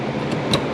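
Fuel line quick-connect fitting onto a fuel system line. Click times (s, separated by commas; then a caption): 0.5 s. A blue 3/8 or white 5/16 plastic fuel-injection quick-connect fitting is pushed onto a fuel line fitting in the fuel system of a 1996 Impala SS with an LSX engine. Over steady broadband background noise, it snaps home with a single sharp click at 0.5 s, and the connector is seated.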